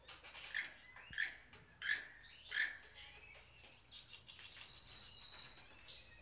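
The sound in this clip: Bird chirps, four short bright notes in quick succession, then a thin high whistle held for a few seconds over soft background hiss.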